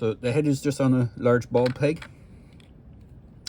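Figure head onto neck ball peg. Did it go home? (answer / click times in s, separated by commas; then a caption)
yes / 3.5 s. A plastic head of a Borg drone action figure is fitted onto its large ball-peg neck joint while someone talks for the first two seconds. After a quiet stretch with a faint tick at 2.6 s, a sharp snap at 3.5 s marks the head seating on the peg.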